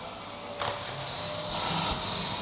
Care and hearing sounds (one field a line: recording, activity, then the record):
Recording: daily activity, microphone in the room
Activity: vacuum cleaning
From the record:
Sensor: 3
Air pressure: 1002.0 hPa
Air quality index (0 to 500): 248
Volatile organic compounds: 52 ppm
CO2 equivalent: 3321 ppm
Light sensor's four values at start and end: 11/34/15/12 and 10/31/13/11